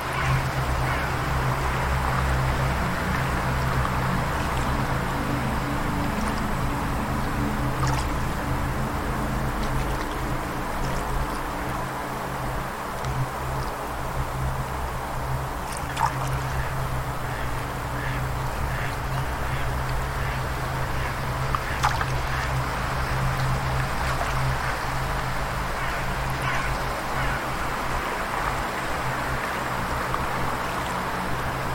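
Gently flowing water makes a steady, dense rushing sound that stays at an even level throughout, over a constant low rumbling hum. A few brief, bright clicks or chirps stand out near the middle and again in the last third.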